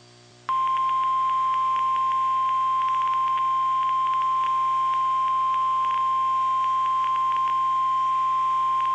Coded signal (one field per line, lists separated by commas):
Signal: Emergency Alert System (SAME) tones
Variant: 1050 Hz attention tone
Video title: NOAA weather radio EAS#66, child abduction emergency